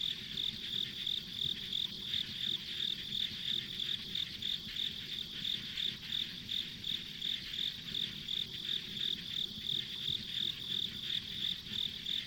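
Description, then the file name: Insects give a high, evenly pulsed chirping, roughly three beats a second, unbroken over a quiet low hum. Ambient insect sounds recorded on a country road. "田舎道の虫の環境音"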